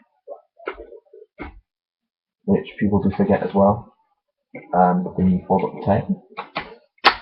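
The tail section of a plastic transforming robot toy is folded up during its combining sequence and locks into place with a snap at 6.6 seconds, falling between someone's talking.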